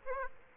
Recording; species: mosquito wingbeat signal from an infrared sensor; Aedes aegypti